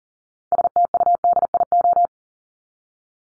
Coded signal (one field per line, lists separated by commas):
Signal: Morse code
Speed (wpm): 40 wpm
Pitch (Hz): 700 Hz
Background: none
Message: STUDIO